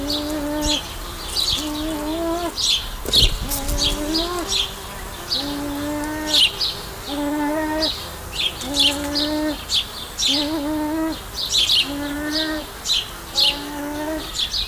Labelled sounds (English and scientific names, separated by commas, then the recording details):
Arabian Partridge (Alectoris melanocephala) call
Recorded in captivity
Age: adult
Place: Tierpark Berlin, Berlin, DE
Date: 1999-07-31 16:56
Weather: heiter, 26°C
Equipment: Sony WM-D6C, Sennheiser ME 80, Kopie Uher 4000 Report Monitor
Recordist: Tembrock, Günter